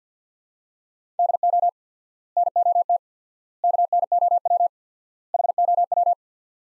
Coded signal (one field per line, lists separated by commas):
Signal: Morse code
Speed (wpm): 50 wpm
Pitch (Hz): 700 Hz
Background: none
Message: DO NOT KNOW HOW